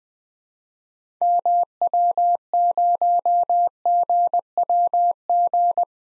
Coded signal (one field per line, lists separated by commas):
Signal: Morse code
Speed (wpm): 21 wpm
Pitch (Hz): 700 Hz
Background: none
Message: MW0GWG